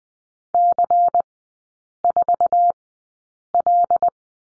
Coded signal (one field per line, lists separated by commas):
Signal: Morse code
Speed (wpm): 20 wpm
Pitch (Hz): 700 Hz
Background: none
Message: C4L